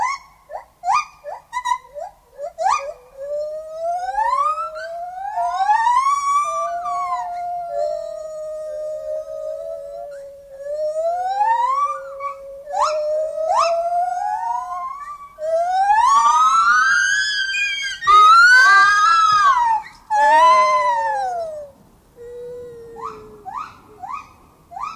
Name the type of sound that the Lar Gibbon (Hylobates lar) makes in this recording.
song